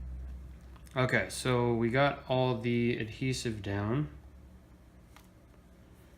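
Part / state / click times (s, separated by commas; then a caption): smartphone display assembly into phone housing / seated / 5.2 s. Someone talks about having laid down all the adhesive, then presses a replacement LCD screen assembly into an Apple iPhone 8 Plus frame. A single short sharp snap at 5.2 s marks the screen seating in place.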